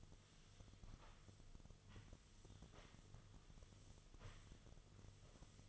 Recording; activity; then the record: daily activity, microphone in the room; sweep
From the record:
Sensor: 4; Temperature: 26.3 degrees Celsius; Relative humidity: 32.1%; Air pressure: 1005.6 hPa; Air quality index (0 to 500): 110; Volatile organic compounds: 3 ppm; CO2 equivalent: 1367 ppm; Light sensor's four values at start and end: 12/28/11/10 and 12/28/11/10